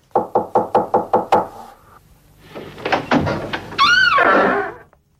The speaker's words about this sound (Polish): Uwaga, uwaga. Pukamy do pierwszych drzwi.